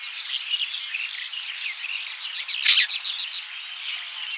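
Lesser grey shrike chattering: a continuous run of quick, squeaky high notes, with one louder harsh burst.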